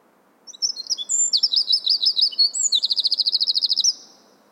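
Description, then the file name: Eurasian wren: one loud song phrase of piercing chirps and warbles leading into a long fast trill, with soft background hiss. "Troglodytes troglodytes"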